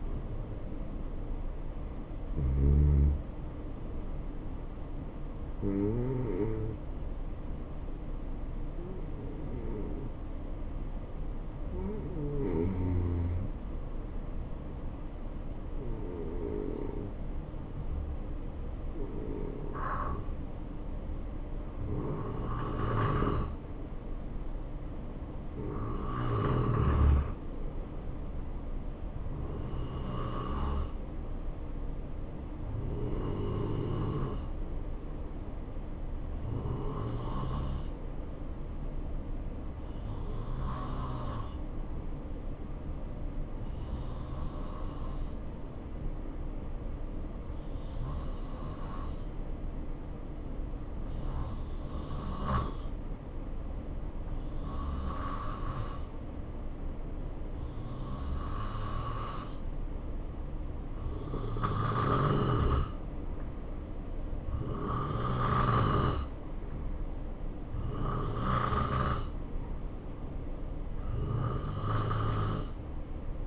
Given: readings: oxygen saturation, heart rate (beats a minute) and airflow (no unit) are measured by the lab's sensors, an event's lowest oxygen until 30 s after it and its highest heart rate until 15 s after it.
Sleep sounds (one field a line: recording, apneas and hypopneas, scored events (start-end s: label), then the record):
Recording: breathing in sleep by a smartphone at the bedside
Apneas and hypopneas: 2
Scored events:
4.00-30.70 s: hypopnea (N2, oxygen 92% highest, then 89% lowest, heart rate 69 at the start, 72 highest)
40.00-63.70 s: hypopnea (N2, oxygen 91% highest, then 88% lowest, heart rate 67 at the start, 73 highest)
From the record:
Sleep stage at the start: N2 (light sleep)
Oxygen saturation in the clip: 86 to 92%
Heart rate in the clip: 65 to 73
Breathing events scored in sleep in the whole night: 277 in 7.4 hours asleep